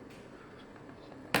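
A DDR memory stick has its bottom edge seated first, then its top is pressed down into a motherboard DIMM slot. After a quiet stretch with faint handling noises, a sharp click at 1.3 seconds marks the plastic latch snapping shut and the module seating home.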